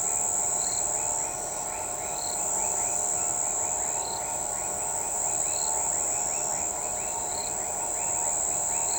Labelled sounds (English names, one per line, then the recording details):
none
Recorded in shrubland near Pivijay, Magdalena, Colombia, on 16 April 2023 at 04:00
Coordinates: 10.453, -74.365
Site P5-G022